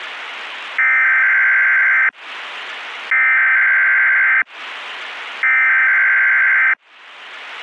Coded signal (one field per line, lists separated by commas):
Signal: Emergency Alert System (SAME) tones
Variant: header bursts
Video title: Joke EAS Mock - Telamon ChickenNado warning.